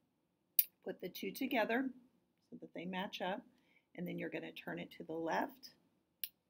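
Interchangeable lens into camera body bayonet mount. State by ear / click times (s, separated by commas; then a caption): seated / 6.2 s. Someone talks while lining up the white square on a Canon interchangeable lens with the white square on the camera body's bayonet mount and turning the lens to the left. A brief sharp sound comes at 0.6 s, and the lens clicks into the mount at 6.2 s, locking it fully on.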